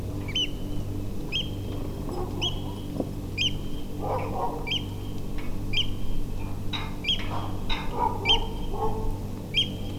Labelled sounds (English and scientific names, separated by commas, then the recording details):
Eurasian Oystercatcher (Haematopus ostralegus), man-made sound
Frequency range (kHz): Eurasian Oystercatcher (Haematopus ostralegus) 1.5-10.0 kHz
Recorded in France